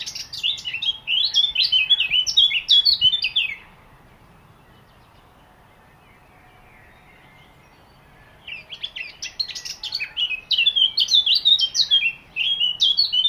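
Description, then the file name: Eurasian blackcap singing two bursts of fast, jumbled warbling notes, separated by a quiet pause. "Sylvia atricapilla"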